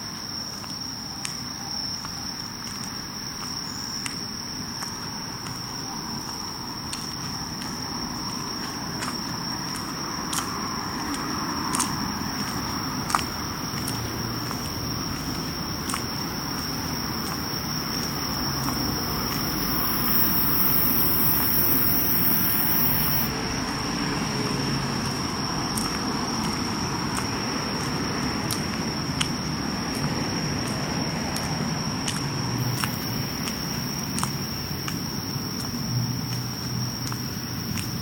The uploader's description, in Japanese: 色んな虫の声や人の暮らしや、やっぱり蝉の声が時々しました